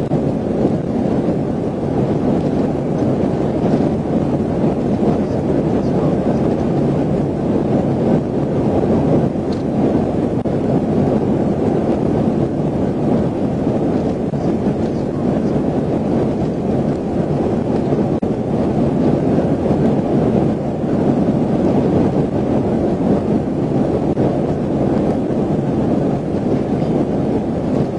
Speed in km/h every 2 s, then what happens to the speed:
206, 206, 206, 206, 206, 206, 206, 206, 206, 206, 206, 206, 206, 206.
0-28 steady at about 206.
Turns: none.